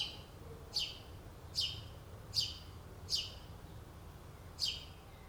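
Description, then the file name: House sparrow repeating short falling chirps, five notes, over quiet low-pitched background noise. "Passer domesticus"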